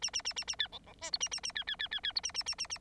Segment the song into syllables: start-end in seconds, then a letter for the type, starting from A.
0.02-0.10 A, 0.13-0.22 A, 0.24-0.33 A, 0.36-0.45 A, 0.47-0.56 A, 0.59-0.68 B, 0.72-0.79 C, 0.86-0.94 C, 1.01-1.11 D, 1.12-1.18 E, 1.20-1.29 A, 1.31-1.40 A, 1.43-1.52 A, 1.55-1.64 B, 1.67-1.76 B, 1.79-1.88 B, 1.91-2.00 B, 2.03-2.12 B, 2.15-2.21 E, 2.23-2.32 A, 2.34-2.43 A, 2.46-2.55 A, 2.58-2.67 A, 2.69-2.78 A